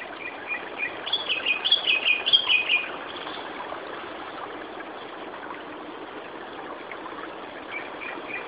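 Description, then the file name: Japanese thrush giving a short burst of rich whistled song notes for about two seconds, followed by a long stretch of steady hiss and faint notes. "Turdus cardis"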